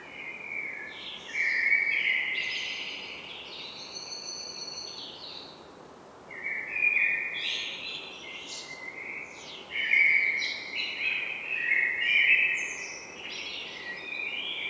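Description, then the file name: Common blackbird singing repeatedly, rich whistled warbles alternating with thin, squeaky high-pitched flourishes, with only short gaps between phrases. "Turdus merula"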